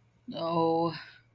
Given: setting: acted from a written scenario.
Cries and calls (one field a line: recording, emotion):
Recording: vocal sound without words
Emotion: guilt